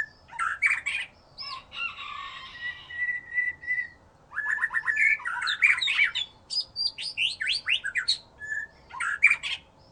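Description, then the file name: White-rumped shama song mixing buzzy chatter, a sustained raspy whistle, fast trilled rattles and loud clear whistled phrases. "murai batu"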